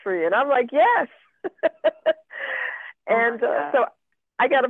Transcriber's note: laughs